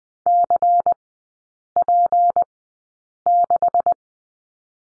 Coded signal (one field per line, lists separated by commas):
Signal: Morse code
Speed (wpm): 20 wpm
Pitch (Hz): 700 Hz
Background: none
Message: CP6